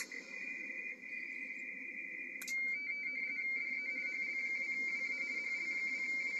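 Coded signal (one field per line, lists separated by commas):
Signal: RTTY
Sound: rapid warbling between two close tones, steady teleprinter chatter over hiss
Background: radio static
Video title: P29RO, Papua New Guinea, Pacific Ocean, 18MHz, RTTY QSO by HL2WA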